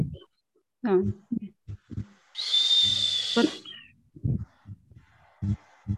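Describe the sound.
A single shrill departure whistle, the first whistle, blows for about a second, a loud, hissing high-pitched blast set between short bursts of people talking.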